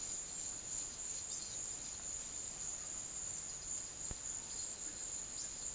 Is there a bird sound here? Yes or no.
no